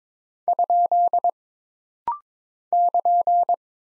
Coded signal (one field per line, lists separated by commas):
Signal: Morse code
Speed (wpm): 22 wpm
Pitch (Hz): 700 Hz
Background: none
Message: ? <KN>